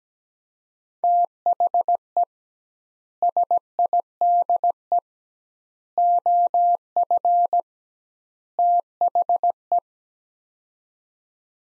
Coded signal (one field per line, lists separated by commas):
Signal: Morse code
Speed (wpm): 17 wpm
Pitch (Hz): 700 Hz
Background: none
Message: THE SIDE OF THE